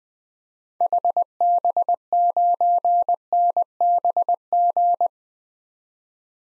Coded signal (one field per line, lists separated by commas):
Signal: Morse code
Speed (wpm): 21 wpm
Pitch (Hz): 700 Hz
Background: none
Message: HB9NBG